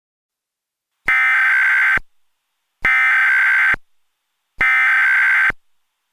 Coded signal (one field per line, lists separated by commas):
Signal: Emergency Alert System (SAME) tones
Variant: header bursts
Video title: EAS Scenario #16 - SCP Revolution